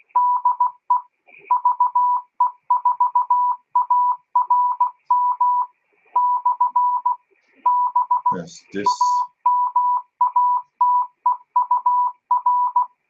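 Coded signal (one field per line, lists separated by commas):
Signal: Morse code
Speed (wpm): 17 wpm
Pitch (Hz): 1000 Hz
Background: speech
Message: DE VE4ARM / B AMATEUR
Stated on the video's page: Received live while tuning the bands, with live commentary.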